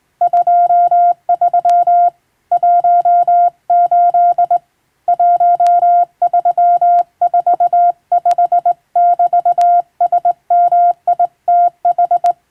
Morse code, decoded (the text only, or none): 23 18 1345<BT>SMITH